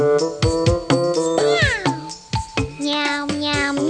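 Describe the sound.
Cat meowing in a series of harmonic meows, some rising and others falling in pitch, with sharp clicks between them.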